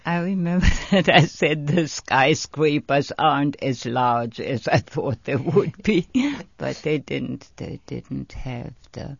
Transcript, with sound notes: I remember that I said the skyscrapers aren't as large as (laughs) I thought they would be. But they didn't --- they didn't have the